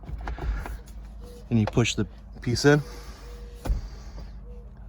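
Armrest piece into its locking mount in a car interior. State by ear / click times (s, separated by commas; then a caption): not seated / none. An interior armrest piece in a car is pushed into its locking mount, but it fails to lock. Only a few short knocks from the piece moving are heard while someone talks. Nothing has seated or clicked yet.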